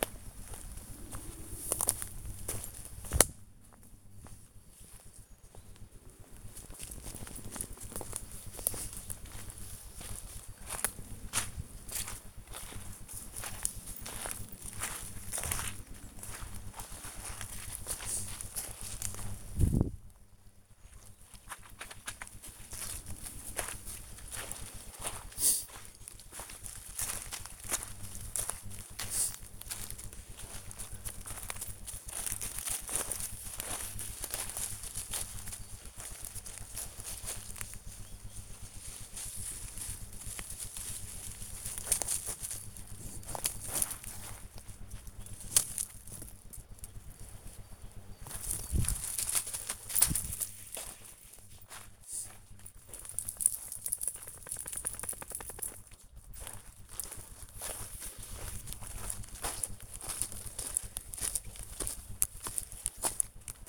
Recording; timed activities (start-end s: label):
household activities, microphone on the right wrist
0.00-63.69 s: going for a walk with dog